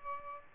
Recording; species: mosquito wingbeat signal from an infrared sensor; Aedes albopictus